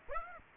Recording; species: mosquito wingbeat signal from an infrared sensor; Aedes aegypti